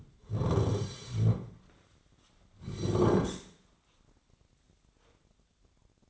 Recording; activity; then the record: daily activity, microphone in the room; sit down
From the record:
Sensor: 3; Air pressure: 1009.2 hPa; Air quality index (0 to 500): 180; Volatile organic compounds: 3 ppm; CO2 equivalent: 1457 ppm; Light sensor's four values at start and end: 35/86/38/43 and 48/122/54/55